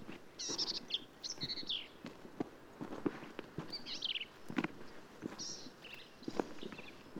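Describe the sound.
Black-capped vireo song: short, varied, scratchy and chattering phrases in quick bursts, separated by brief pauses, with footstep-like rustles and clicks underneath.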